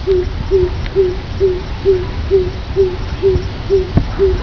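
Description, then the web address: Coucal call: a steady series of about ten deep, hollow hoots, roughly two per second, over a low rumbling background. "birdcall Gcoucal"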